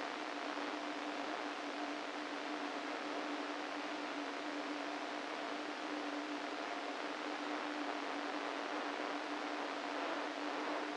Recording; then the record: brain microelectrode recording played as sound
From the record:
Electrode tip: inside the subthalamic nucleus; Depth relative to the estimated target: 2 mm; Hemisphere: right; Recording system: NeuroSet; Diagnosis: Parkinson's disease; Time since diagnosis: 13 years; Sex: male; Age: 49 years